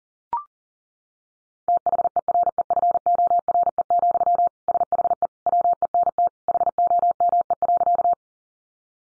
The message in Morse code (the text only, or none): THEREFORE, SHE WENT HOME.